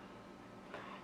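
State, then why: Seated. A permanent makeup needle cartridge is seated into the machine without over-tightening. Over a steady low background, a single small click is heard at 0.7 s as it goes in.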